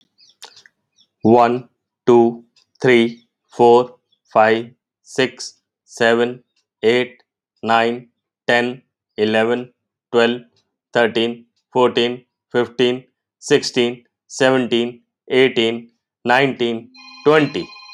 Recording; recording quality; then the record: counting at a normal pace; excellent, no background noise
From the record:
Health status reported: healthy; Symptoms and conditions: none ticked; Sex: male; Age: 37 years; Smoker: yes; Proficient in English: yes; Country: India